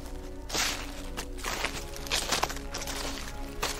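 Slow, shuffling footsteps in a living room at midnight: a few soft, scraping scuffs spaced roughly a second apart, heard over a steady low hum with no talking.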